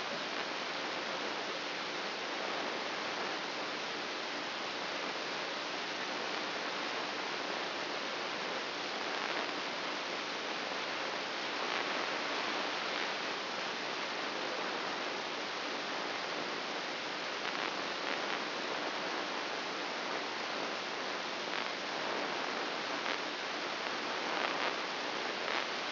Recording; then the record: brain microelectrode recording played as sound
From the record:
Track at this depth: outside the subthalamic nucleus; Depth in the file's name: 6.861 mm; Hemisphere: left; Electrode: 3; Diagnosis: Parkinson's disease